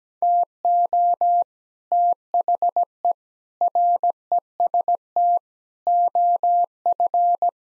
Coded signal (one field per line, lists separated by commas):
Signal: Morse code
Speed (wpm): 17 wpm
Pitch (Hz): 700 Hz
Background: none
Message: TO THE REST OF